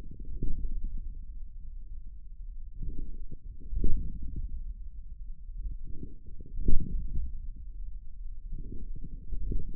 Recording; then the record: forearm muscle sounds (acoustic myography)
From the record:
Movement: forearm pronation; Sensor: system 1, eight BSWA MPA416 microphones around the upper forearm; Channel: 8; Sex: male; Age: 41 years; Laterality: right